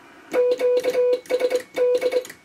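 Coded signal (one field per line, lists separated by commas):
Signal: Morse code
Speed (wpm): 23 wpm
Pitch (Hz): 500 Hz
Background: none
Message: QSD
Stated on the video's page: Morse from a homebrew all-tube 10 W QRP transceiver on 80m, powered by a cheap inverter.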